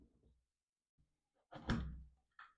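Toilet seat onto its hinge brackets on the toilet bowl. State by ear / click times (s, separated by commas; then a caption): not seated / none. A toilet seat is lined up on its hinge brackets on the toilet bowl and slid toward the fixings, with faint handling rustles and a soft bump before a loud, sharp thump at about 1.7 s that fades out, followed by a brief scrape near 2.4 s. Nothing has seated or clicked yet, and the seat is not yet locked in place.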